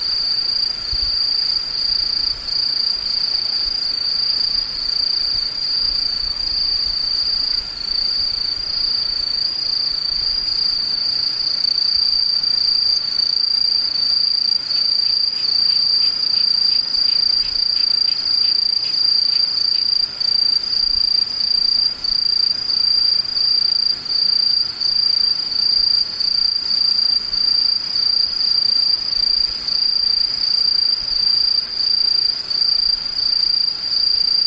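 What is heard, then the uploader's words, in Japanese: A chorus of insects trills without pause for the whole stretch, a thin, piercing ringing held high and steady, with a second fainter tone above it. Around the middle, a quicker pulsing chirp joins briefly, and soft low rumbles stir underneath. ムシ合唱。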